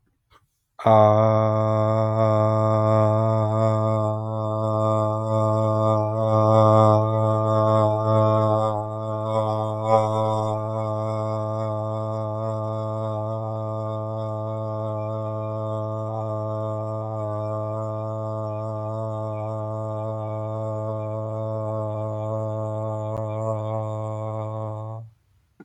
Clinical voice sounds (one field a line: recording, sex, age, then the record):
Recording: vowel held as long as possible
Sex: male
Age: 40 to 49 years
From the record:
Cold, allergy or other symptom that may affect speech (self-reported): no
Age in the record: 41 years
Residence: Ohio, United States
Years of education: 20